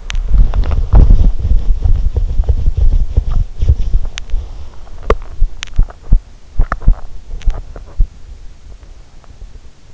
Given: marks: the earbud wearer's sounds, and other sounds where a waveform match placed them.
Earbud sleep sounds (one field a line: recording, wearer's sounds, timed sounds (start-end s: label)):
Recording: sounds in sleep by an in-ear microphone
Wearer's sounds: teeth grinding, swallowing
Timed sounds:
0.00-1.03 s: teeth grinding
4.13-4.23 s: teeth grinding
4.92-6.23 s: teeth grinding
6.57-7.06 s: swallowing
7.35-7.86 s: swallowing